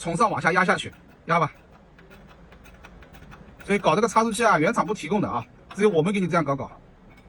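A new bearing is being pressed from above with a press onto the shaft of a Mercedes-Benz differential, with the housing supported underneath, to fix a noise coming from the bearings. Someone talks, and in a quieter stretch from about 2.0 to 3.3 s a few faint, short ticks are heard. The bearing has not yet seated, and nothing has clicked.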